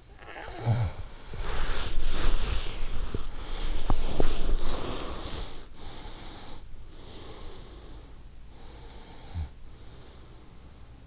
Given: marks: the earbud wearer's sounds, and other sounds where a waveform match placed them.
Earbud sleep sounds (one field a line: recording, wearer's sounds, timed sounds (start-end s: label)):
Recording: sounds in sleep by an in-ear microphone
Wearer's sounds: snoring breath, body movement, breath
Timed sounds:
0.00-3.14 s: snoring breath
1.38-6.20 s: body movement
3.30-5.62 s: breath
5.74-8.29 s: breath
8.52-11.07 s: snoring breath